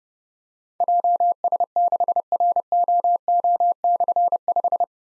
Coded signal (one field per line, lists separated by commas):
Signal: Morse code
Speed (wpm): 30 wpm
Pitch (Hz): 700 Hz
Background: none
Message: JS6ROO/5